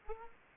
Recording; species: mosquito wingbeat signal from an infrared sensor; Aedes aegypti